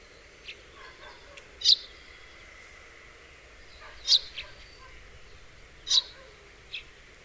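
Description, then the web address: House sparrow calls, three loud sharp cheeps spaced about two seconds apart, with fainter chirps between them. "SETE Passer domesticus"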